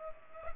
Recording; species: mosquito wingbeat signal from an infrared sensor; Culex pipiens